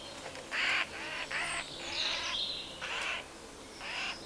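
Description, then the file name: Eurasian jay giving several short bursts of rasping, noisy screeches. "Garrulus glandarius"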